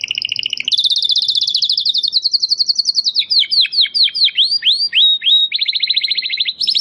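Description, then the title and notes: Domestic canary singing continuously: a long rapid rolling trill, then a series of falling whistled slurs, then another quick even trill. Belgian canary breed. "Canário Belga Campainha Canary Singing. Canario Belga Cantando"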